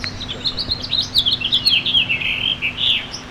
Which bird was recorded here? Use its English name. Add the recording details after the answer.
House Finch. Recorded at Moriches on Long Island, New York, on 22 June 2013. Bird B